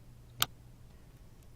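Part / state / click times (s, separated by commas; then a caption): lock pin in a pin-tumbler lock cylinder / seated / 0.4 s. A seized pin in a pin-tumbler lock cylinder is slowly pushed up with a hairpin pick while tension is held on the lever. At 0.4 s a single sharp, bright click is heard as the pin's split reaches the barrel edge and the barrel rotates slightly, followed by a much fainter tick around 1.4 s. The pin is set at the shear line.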